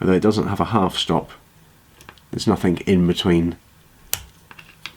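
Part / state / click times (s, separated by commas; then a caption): folding knife blade into its back-spring stop / seated / 4.1 s. Someone talks as the blade of a Fallkniven LTC (Legal To Carry) slipjoint folding knife is worked against its back spring, with faint clicks around 2.0–2.2 s. At 4.1 s the blade snaps into its stop with a sharp, solid click, followed by a few softer ticks. It locks as a very positive full stop, with no half stop in between.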